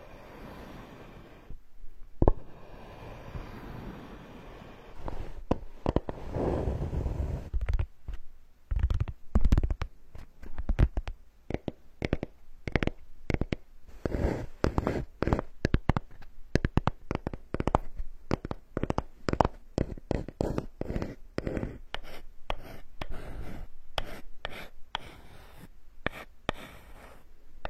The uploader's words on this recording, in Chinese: 木块儿、木板、木制品的触发音。